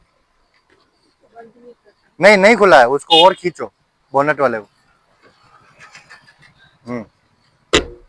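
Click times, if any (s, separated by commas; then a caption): 7.7 s. The bonnet latch of a new Maruti Brezza releases when the cabin bonnet lever is pulled further, after someone talks. A single sharp knock at 7.7 s marks the bonnet latch popping open.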